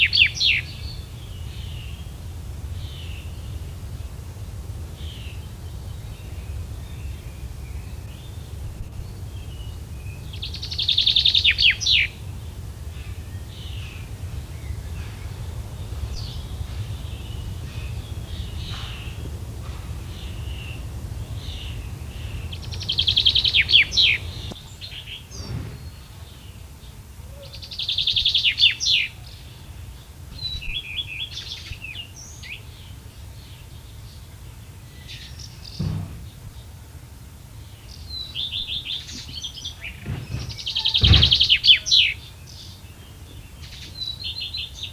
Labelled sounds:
Common Chaffinch (Fringilla coelebs) song

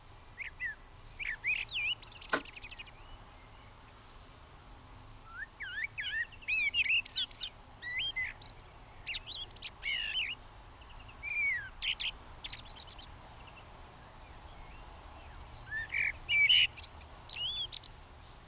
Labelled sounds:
Common Blackbird (Turdus merula) song

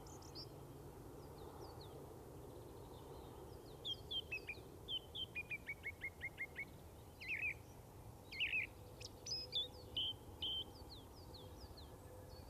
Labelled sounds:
Song Thrush (Turdus philomelos) song

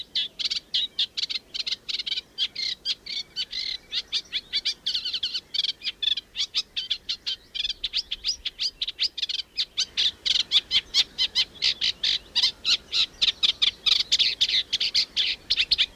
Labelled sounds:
Eurasian Reed Warbler (Acrocephalus scirpaceus) song

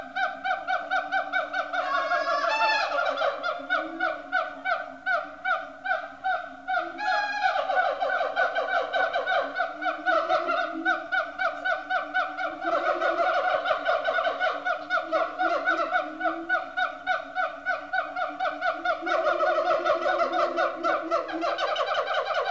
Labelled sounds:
Siamang (Symphalangus syndactylus)

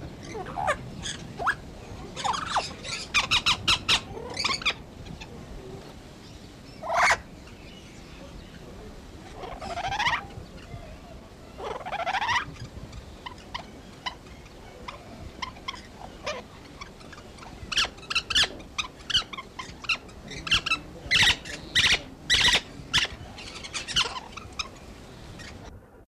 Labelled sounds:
Hispaniolan Amazon (Amazona ventralis) call

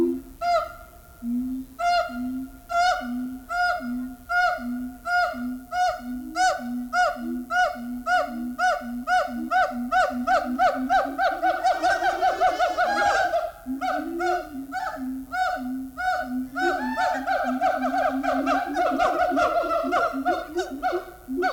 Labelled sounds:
Siamang (Symphalangus syndactylus) call

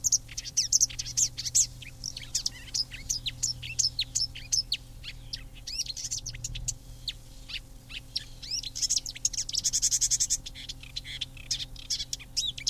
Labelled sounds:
Marsh Warbler (Acrocephalus palustris) song

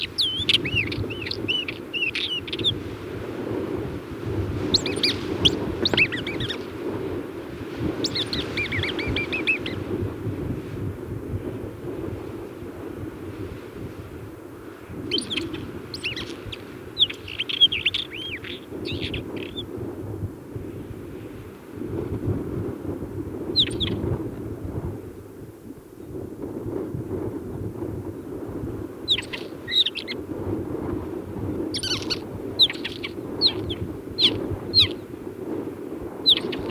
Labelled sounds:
Isabelline Wheatear (Oenanthe isabellina) song

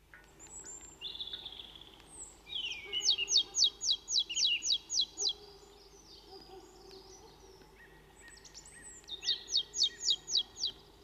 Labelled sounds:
Marsh Tit (Poecile palustris) song

